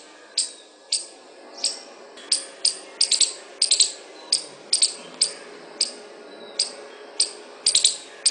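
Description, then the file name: Squirrel chatter call: sharp ticking clicks, first spaced out, then bunched into rapid doublets and triplets, repeated throughout against a low background hum. "suara bajing. omkicau"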